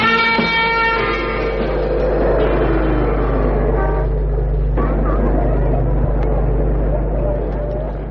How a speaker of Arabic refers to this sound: بقالي ربع ساعه عمال ازمر لك، ما سمعتش كلاكس ولا ايه؟